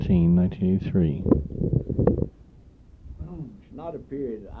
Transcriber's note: microphone noise